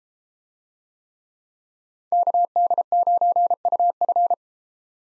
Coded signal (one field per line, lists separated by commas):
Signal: Morse code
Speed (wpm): 31 wpm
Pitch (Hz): 700 Hz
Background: none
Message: KD9UF